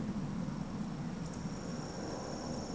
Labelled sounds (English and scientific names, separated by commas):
Eurasian Woodcock (Scolopax rusticola) whistle